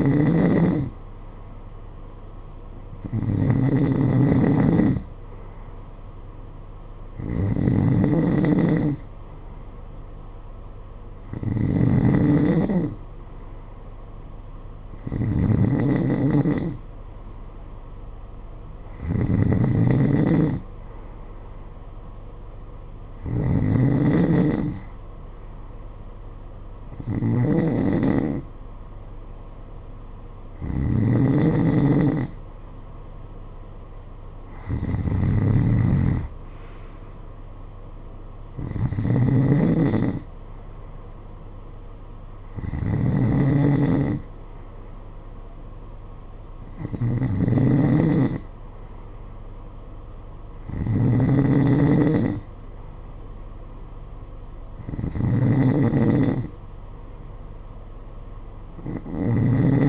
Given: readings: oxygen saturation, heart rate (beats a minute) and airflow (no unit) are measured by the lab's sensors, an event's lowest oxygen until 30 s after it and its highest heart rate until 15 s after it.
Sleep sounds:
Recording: breathing in sleep by a smartphone at the bedside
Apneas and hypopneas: none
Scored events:
none scored
From the record:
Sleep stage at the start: N2 (light sleep)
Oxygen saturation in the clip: 91 to 92%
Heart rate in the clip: 50 to 55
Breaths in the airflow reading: 15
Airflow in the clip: -12.3 to 7.7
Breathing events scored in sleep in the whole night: 476 in 9.7 hours asleep

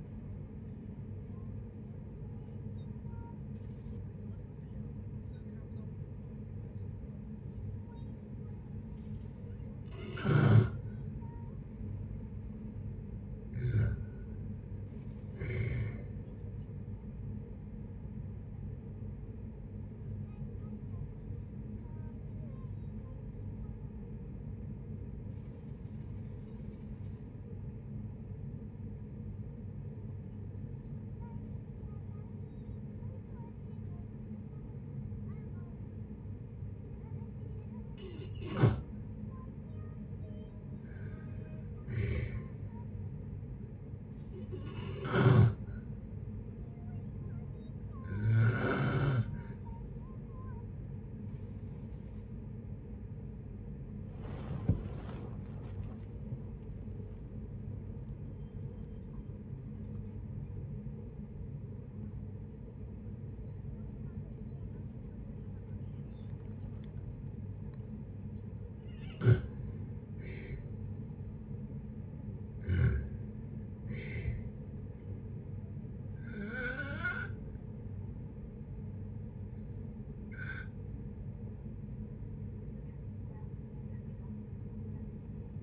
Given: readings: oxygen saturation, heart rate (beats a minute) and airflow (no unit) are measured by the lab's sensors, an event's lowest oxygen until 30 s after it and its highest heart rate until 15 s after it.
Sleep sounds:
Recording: a person awake in a sleep study, by a smartphone at the bedside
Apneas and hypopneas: none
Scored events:
0.00-85.63 s: awake
0.00-85.63 s: awake
From the record:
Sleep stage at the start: awake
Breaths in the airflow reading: 34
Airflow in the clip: -0.7 to 0.6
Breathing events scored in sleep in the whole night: 496 in 5.4 hours asleep

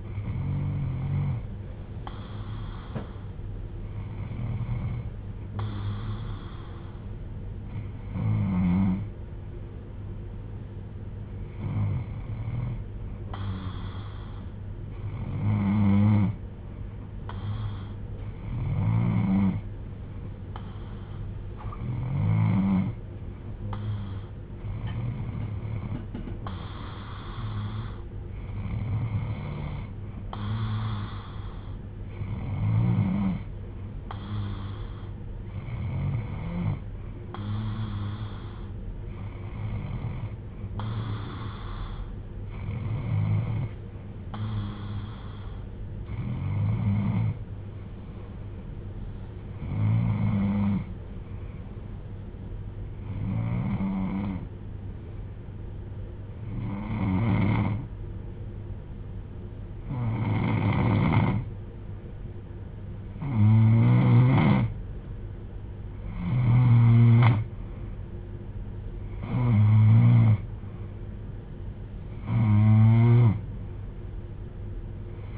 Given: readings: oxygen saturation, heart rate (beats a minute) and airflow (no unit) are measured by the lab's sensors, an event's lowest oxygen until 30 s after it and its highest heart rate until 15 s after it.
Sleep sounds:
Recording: breathing in sleep by a smartphone at the bedside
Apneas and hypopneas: 1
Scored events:
47.00-69.50 s: hypopnea (N2, oxygen 94% highest, then 89% lowest)
From the record:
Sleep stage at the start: N2 (light sleep)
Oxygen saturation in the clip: 90 to 94%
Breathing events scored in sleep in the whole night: 310 in 8.1 hours asleep

